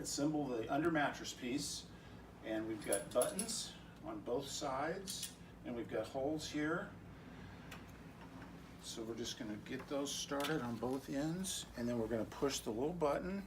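Someone talks while lining up the spring-button tubes of a bed assist rail's under-mattress frame with the holes in their mating tubes, getting both ends started. A faint tick is heard around 7.7 s, but the spring buttons have not yet been pressed and nothing has clicked or seated.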